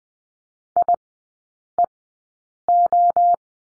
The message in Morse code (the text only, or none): IEO